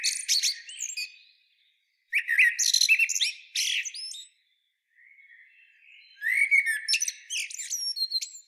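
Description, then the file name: Common blackbird phrases in three bursts, each a mix of mid-pitched warbling and dense, shrill twittering, separated by short pauses. "Turdus merula"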